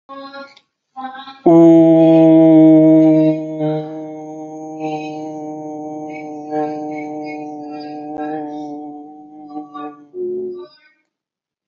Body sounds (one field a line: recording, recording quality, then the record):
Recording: sustained vowel as in boot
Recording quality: moderate, slight background noise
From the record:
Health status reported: respiratory illness, not identified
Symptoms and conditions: asthma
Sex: male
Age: 48 years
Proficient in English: yes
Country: India